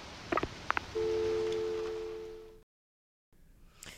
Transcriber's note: soundbite of dial tone